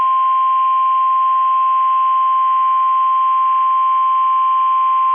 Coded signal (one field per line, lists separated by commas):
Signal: Emergency Alert System (SAME) tones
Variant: 1050 Hz attention tone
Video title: 2/8/23 - KEC65 Required Weekly Test (EAS #717)